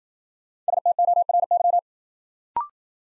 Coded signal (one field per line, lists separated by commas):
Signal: Morse code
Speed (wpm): 53 wpm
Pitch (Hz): 700 Hz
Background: none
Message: STORY